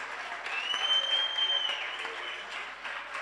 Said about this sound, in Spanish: Queríamos pedir un fuerte aplauso para nuestro colaborador, Eduardo Cortina, que se ha currado estos magníficos visuales.